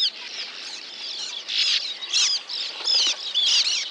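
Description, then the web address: Sand martin chatter of harsh, scratchy chirps in quick irregular bursts. Recorded in Lower Saxony, Germany. "niedersachsen uferschwalbe"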